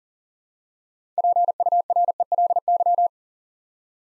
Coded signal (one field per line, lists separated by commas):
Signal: Morse code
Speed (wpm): 40 wpm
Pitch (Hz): 700 Hz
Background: none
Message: PURELY